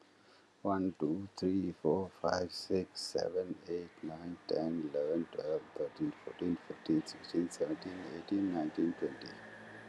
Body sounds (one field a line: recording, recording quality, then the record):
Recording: counting at a normal pace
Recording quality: excellent, no background noise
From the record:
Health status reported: healthy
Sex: male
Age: 57 years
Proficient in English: yes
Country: India